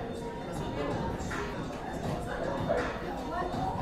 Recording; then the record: background sound without coughing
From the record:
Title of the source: 60 minutes of coffee shop sounds for study and concentration